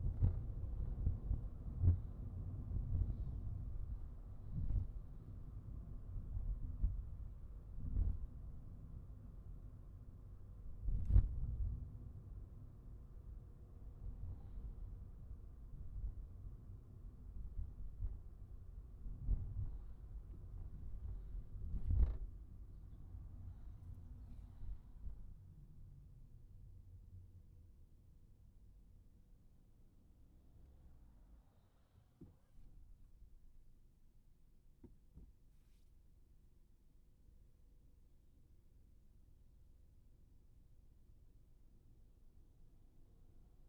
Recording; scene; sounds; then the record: everyday scene through a hearing-aid microphone; in a vehicle; engine, highway traffic jam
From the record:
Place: Skoda Fabia, gasoline engine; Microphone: behind the ear, right, front